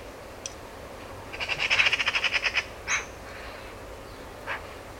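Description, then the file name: Eurasian magpie giving a fast rattling chatter of about a dozen harsh notes, followed by a couple of separate scratchy calls. "Pica pica"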